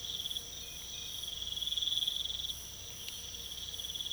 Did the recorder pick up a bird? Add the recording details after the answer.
no. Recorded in pastures near Puerto Asís, Putumayo, Colombia, on 22 December 2024 at 04:30. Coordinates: 0.486, -76.323. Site GP01